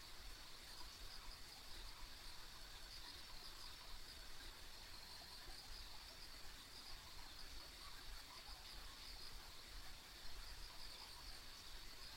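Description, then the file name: Continuous insect chorus, a high buzzy band that never pauses, accompanied by low background rumble. Ambient insect sounds recorded on a country road. "田舎道の虫の環境音"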